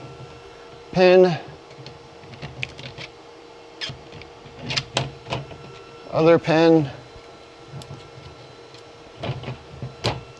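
A second 3D-printed PETG plastic pin is lined up and pressed into a printed motherboard stacking frame while someone talks, with small handling taps along the way. It snaps in with a sharp click at 10.1 s, and the pin is seated in the stacker part.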